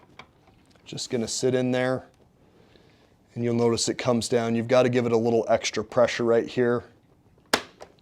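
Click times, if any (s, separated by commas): 7.5 s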